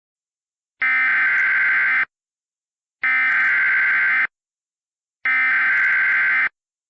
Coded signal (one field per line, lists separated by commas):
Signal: Emergency Alert System (SAME) tones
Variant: header bursts